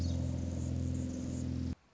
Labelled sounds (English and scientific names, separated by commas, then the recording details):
Anna's Hummingbird (Calypte anna)
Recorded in Sonoma County, California